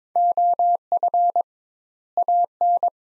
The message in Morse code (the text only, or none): OF AN